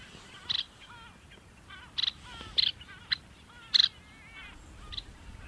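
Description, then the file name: Red-necked phalarope calls: short, sharp, high notes given irregularly in quick bursts, mixed with a few softer, lower whistled notes. "vekonycsoru viztaposo hangja"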